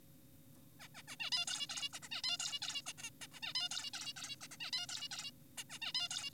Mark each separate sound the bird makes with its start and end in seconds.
0.80-0.88, 0.95-1.02, 1.08-1.16, 1.20-1.30, 1.32-1.46, 1.48-1.67, 1.70-1.89, 1.93-1.99, 2.03-2.09, 2.12-2.22, 2.24-2.37, 2.40-2.59, 2.62-2.82, 2.86-2.93, 2.98-3.10, 3.22-3.27, 3.34-3.40, 3.43-3.54, 3.55-3.69, 3.71-3.90, 3.94-4.13, 4.16-4.36, 4.41-4.48, 4.52-4.57, 4.60-4.71, 4.73-4.86, 4.89-5.08, 5.11-5.31, 5.58-5.64, 5.70-5.79, 5.82-5.92, 5.95-6.08, 6.11-6.30